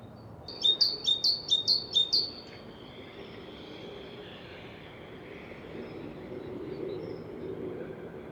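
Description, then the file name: Great tit: a short burst of a few high, sharp double notes at a rapid steady pace, then quiet background noise. "Parus major"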